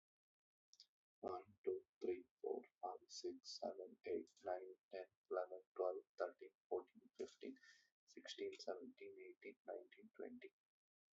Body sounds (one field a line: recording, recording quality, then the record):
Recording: counting at a normal pace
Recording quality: excellent, no background noise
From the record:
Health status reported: COVID-19 positive, mild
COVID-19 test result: positive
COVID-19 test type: RT-PCR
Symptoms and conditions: cough, cold, fever, fatigue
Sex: male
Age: 26 years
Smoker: no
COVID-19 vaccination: both doses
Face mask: not worn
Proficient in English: yes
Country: India